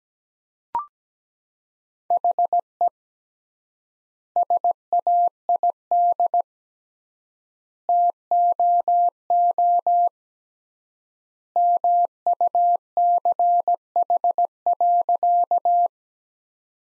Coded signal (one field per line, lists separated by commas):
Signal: Morse code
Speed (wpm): 17 wpm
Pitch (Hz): 700 Hz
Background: none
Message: HE SAID TOO MUCH.